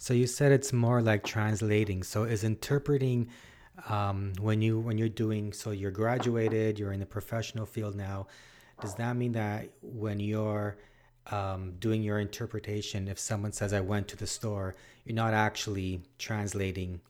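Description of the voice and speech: A man with a low, steady voice asks a conversational question in a quiet room. His speech is fluent, apart from a couple of ordinary restarts and slightly drawn-out words at the ends of phrases. This is typical adult speech.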